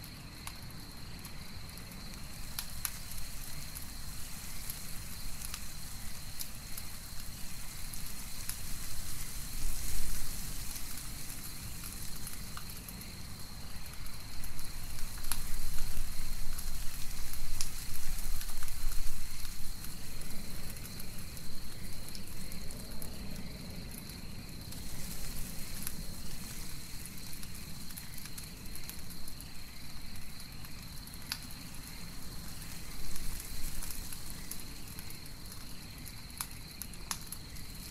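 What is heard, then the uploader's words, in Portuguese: Wind rustles dry leaves at night beside a crackling campfire, a low steady rumble with scattered sharp pops and a constant high insect whine. Uma Noite de Outono: Som Ambiente para Dormir. Ouça o som das folhas secas que são levadas pelo vento a noite, juntamente com o crepitar das chamas de uma fogueira.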